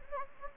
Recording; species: mosquito wingbeat signal from an infrared sensor; Anopheles gambiae